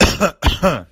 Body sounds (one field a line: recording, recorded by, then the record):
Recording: voluntary cough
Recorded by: messaging app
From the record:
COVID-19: negative